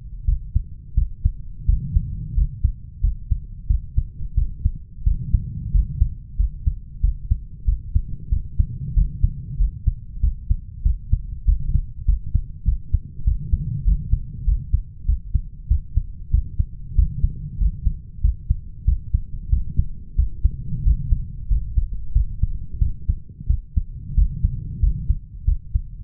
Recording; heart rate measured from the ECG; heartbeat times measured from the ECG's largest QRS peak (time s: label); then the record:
heart sounds by stethoscope; 93 bpm
0.27 s: heartbeat
0.97 s: heartbeat
1.68 s: heartbeat
2.37 s: heartbeat
3.03 s: heartbeat
3.69 s: heartbeat
4.37 s: heartbeat
5.06 s: heartbeat
5.74 s: heartbeat
6.39 s: heartbeat
7.03 s: heartbeat
7.67 s: heartbeat
8.32 s: heartbeat
8.96 s: heartbeat
9.60 s: heartbeat
10.23 s: heartbeat
10.85 s: heartbeat
11.47 s: heartbeat
12.08 s: heartbeat
12.67 s: heartbeat
13.26 s: heartbeat
13.87 s: heartbeat
14.47 s: heartbeat
15.08 s: heartbeat
15.70 s: heartbeat
16.33 s: heartbeat
16.97 s: heartbeat
17.60 s: heartbeat
18.23 s: heartbeat
18.87 s: heartbeat
19.52 s: heartbeat
20.18 s: heartbeat
20.85 s: heartbeat
21.50 s: heartbeat
22.15 s: heartbeat
22.81 s: heartbeat
23.49 s: heartbeat
24.17 s: heartbeat
24.82 s: heartbeat
25.47 s: heartbeat
From the record:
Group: healthy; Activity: rest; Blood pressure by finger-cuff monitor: 142/87 mmHg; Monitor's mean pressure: 107 mmHg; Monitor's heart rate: 94 bpm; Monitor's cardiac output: 7.6 L/min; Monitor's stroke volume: 82 mL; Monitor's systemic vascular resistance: 1050 dyn s/cm5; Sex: male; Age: 21 years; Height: 175 cm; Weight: 72.6 kg